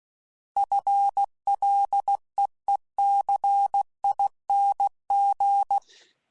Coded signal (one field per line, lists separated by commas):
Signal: Morse code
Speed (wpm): 16 wpm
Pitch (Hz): 800 Hz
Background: none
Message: FLEECING